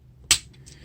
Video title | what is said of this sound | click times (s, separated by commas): Chuck's Reviews Shinkalion Z Alpha-X | snap that into the lower leg and oh boy oh we're getting a little tall here let's | 0.3 s